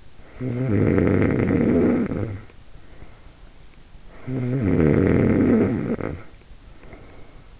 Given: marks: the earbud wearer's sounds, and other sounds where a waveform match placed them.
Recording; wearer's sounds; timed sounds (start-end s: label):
sounds in sleep by an in-ear microphone; snoring breath
0.11-3.31 s: snoring breath
3.77-7.60 s: snoring breath